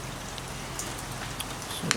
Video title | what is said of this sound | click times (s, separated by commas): Poulan Pro 222 38cc - Wont start - Troubleshoot Part 1 - Complete Carb Clean and Tear Down | move that out of the way here, and y'all heard it snap in there. | 1.9 s